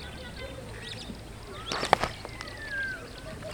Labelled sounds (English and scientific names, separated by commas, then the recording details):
Superb Starling (Lamprotornis superbus) flight call
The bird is a female
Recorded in Kenya on 17 May 2010
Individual 71, of group MRCV